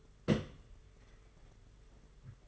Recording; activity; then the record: daily activity, microphone in the room; place on stove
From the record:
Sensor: 4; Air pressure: 991.9 hPa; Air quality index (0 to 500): 85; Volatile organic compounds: 6 ppm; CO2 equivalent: 1940 ppm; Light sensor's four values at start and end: 21/75/27/29 and 21/75/27/29